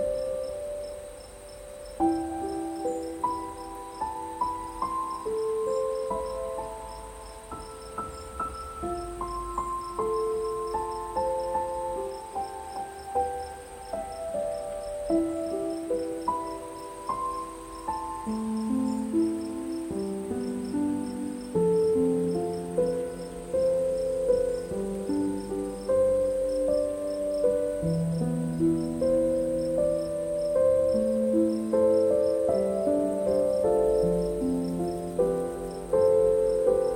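Soft piano plays a slow melody of single notes and gentle chords in the middle register, growing a little fuller and busier after twenty seconds. Behind it, crickets trill steadily and high throughout, a constant thin chirping layer that never pauses.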